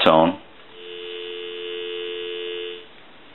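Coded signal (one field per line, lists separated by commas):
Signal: telephone call progress tone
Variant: North America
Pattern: dial tone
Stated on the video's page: Italian wood desk telephone during initial checkout and repair.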